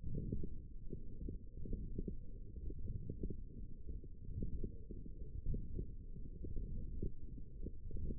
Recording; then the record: forearm muscle sounds (acoustic myography)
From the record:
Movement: forearm supination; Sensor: system 1, eight BSWA MPA416 microphones around the upper forearm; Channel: 1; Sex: female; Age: 21 years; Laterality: right